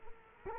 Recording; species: mosquito wingbeat signal from an infrared sensor; Culex quinquefasciatus